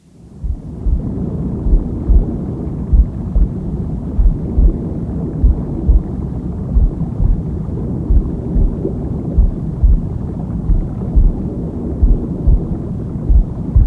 Womb Sound with Heartbeat Deep Sleep.